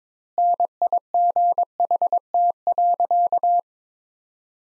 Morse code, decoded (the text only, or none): NIGHT.